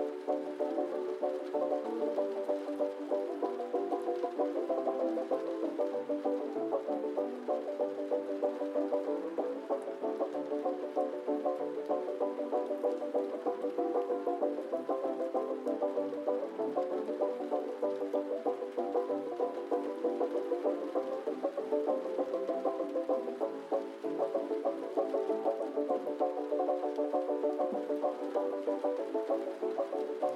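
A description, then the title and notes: Oldies music plays from another room, muffled, with the low bass and the high treble both rolled off so only the middle tones come through. Sustained tones and a steady, even level continue throughout, with no clear beats or sharp sounds standing out. Vintage music from another room.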